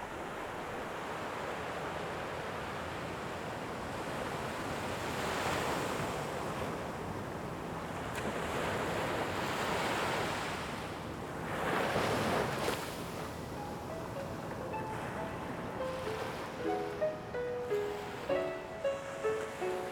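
Sea waves roll in and break on the shore in repeated broad, hissing surges over a steady wash of surf, with soft pitched tones emerging toward the end.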